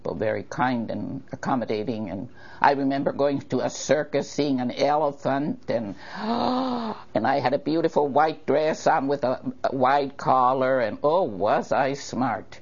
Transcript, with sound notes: Very kind and accommodating and I remember going a circus, seeing an elephant, and (gasps) and I had a beautiful white dress on with a - a wide collar and oh was I smart.